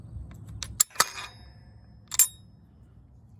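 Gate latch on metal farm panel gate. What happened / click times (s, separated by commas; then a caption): The metal gate latch released / 0.8 s. The metal latch on a metal farm panel gate is released, with a loud metallic clack at 0.8 s as the latch opens. Lighter metallic clinks come just before it and at about 1.0 s, with another rattle near 2.1 to 2.2 s. The latch ends up released.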